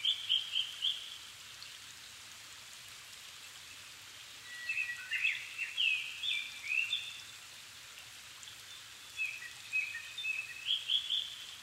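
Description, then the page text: Japanese thrush singing three separate phrases of clear whistles and fluty trills, each a few seconds apart, with light pattering and hiss throughout. Niigata Prefecture, Japan, 270 m altitude; 7 May 2011 at 17:59, evening; Sony PCM-D50 recorder, Panasonic WM-61A mic. "kurotugumi 20110507-1759. Turdus cardis [Sounds -Nikko Today-]"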